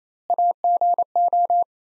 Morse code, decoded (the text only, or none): AGO